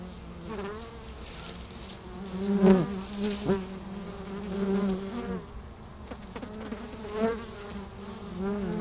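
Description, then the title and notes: Bees buzzing at the hive, a low drone broken by passing flyers whose whines bend up and down, loudest around the third second. Bees recorded with microphones placed at the hive entrance in the bee pavilion of Meise Botanical Garden, Belgium. "Plantentuin, Meise, Belgique - Abeilles - Bees. Meise, Jardin botanique. Pavillon des abeilles, micros placés à l'entrée de la ruche"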